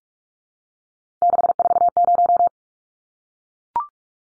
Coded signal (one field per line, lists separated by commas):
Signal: Morse code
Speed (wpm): 44 wpm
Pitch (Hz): 700 Hz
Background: none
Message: 640